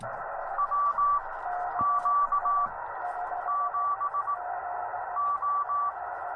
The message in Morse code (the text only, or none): W Q 7 O